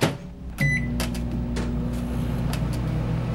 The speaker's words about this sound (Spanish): Por favor, pon la pizza en el microondas.